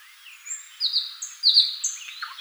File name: solovey obyknovennyy golos